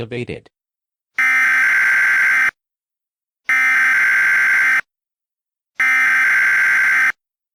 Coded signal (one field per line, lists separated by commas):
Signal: Emergency Alert System (SAME) tones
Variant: header bursts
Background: speech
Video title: EAS Mock 27: Leftovers